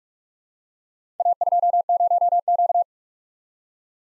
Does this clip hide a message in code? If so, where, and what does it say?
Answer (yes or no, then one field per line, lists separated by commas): yes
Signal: Morse code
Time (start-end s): 1.2-2.8 s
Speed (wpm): 44 wpm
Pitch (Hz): 700 Hz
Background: none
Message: A20Q